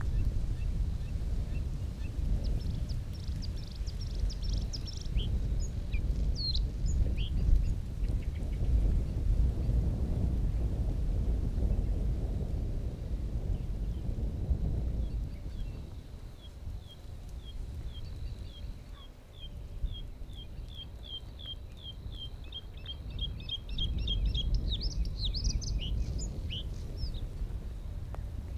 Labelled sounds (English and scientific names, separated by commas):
Bluethroat (Luscinia svecica) song